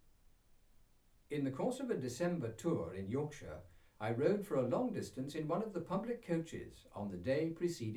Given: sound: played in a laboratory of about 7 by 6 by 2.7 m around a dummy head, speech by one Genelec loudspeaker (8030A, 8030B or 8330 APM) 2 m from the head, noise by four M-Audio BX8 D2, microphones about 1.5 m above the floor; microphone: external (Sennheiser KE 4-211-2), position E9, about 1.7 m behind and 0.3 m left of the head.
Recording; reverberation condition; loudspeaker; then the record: male speech in English; low; 60 degrees to the left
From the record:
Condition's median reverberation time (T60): about 310 ms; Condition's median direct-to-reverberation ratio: about 3.5 dB